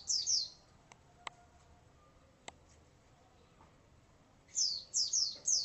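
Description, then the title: White-eye song: a few high falling chirps at the start and end, with a quiet middle broken by a few sharp clicks. "Pleci"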